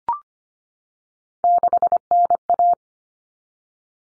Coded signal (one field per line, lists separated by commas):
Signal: Morse code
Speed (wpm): 25 wpm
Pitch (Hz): 700 Hz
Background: none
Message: 6NA